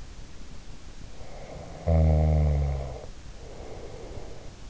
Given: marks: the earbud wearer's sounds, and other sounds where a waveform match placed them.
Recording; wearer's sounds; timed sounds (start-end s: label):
sounds in sleep by an in-ear microphone; snoring breath
1.12-4.58 s: snoring breath